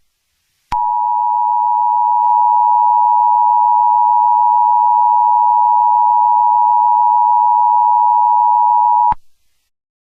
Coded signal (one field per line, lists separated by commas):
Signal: Emergency Alert System (SAME) tones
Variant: 853 and 960 Hz attention tone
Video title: GX4-25 an EAS Scenario